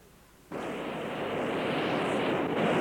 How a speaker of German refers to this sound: da kommt die U-Bahn. Die U-Bahn kommt.